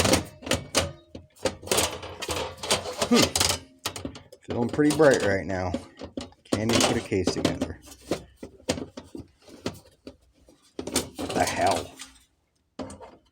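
A computer case side panel is handled onto the chassis while someone talks. Short knocks and handling bumps are heard throughout. Nothing has seated or clicked yet.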